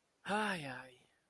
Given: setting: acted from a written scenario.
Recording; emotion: vocal sound without words; serenity